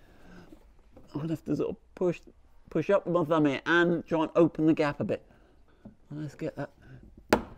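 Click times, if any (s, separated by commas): 7.3 s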